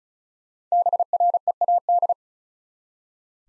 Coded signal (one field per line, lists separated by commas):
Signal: Morse code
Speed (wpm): 36 wpm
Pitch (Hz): 700 Hz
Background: none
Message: BREAD